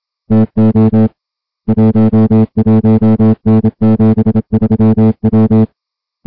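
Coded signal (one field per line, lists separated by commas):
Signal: Morse code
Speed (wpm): 27 wpm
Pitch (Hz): 220 Hz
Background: music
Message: TO 11N73W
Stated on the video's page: High seas weather broadcast on 472 kHz from a historical radio society station licensed for 5 kW.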